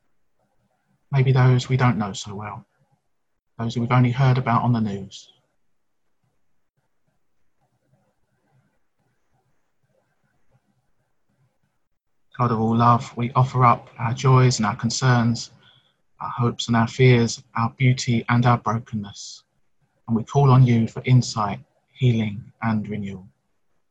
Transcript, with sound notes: maybe those we don’t know so well, who we’ve heard about in the news. [pause]
God of all love, we offer up our joys and concerns,
our hopes and fears, our beauty and brokenness,
and call on you for insight, healing, and renewal.